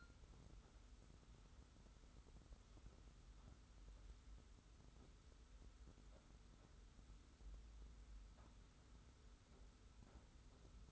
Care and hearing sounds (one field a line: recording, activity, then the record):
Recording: daily activity, microphone in the room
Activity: wipe stove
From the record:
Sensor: 3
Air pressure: 991.4 hPa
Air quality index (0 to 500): 150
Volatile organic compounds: 516 ppm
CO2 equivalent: 4840 ppm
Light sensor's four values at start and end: 50/137/56/49 and 50/137/56/49